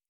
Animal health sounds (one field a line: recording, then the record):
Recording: hydrophone in a shrimp aquaculture tank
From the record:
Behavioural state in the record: normal